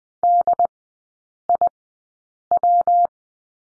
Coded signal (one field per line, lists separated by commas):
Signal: Morse code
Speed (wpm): 20 wpm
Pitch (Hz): 700 Hz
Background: none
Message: DIW